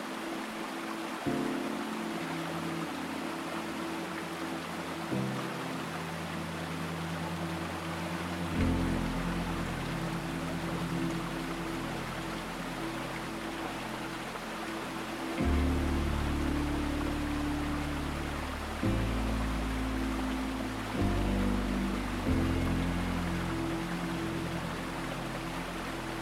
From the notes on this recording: calming sounds of water and tranquil tunes